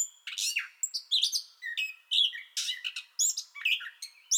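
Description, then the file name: Gray catbird song, short stretch of squeaky, mewing and rasping phrases delivered quickly, pitch jumping up and down between notes. Song bout already in progress, recorded 30 May 2021. "2021-05-30 Gray Catbird Song Bout Already Going"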